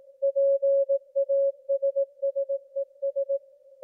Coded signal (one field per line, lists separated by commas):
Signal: Morse code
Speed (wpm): 18 wpm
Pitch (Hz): 550 Hz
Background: music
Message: PASSES